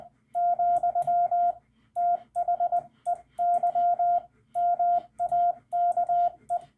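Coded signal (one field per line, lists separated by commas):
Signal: Morse code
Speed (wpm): 20 wpm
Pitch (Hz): 700 Hz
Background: radio noise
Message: , THEY MAKE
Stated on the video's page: CW lesson on using the hyphen in ragchew, with hand keying and a CW ragchew.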